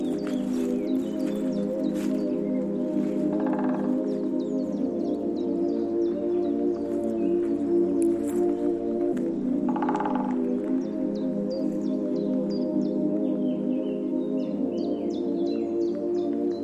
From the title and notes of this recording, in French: H1000 de Patrick Avakian propose, micro en main, une randonnée acoustique en montagne. Les sons apaisants et oniriques de la montagne. On vous a mis Pyrénées et Québec au menu, neige à volonté.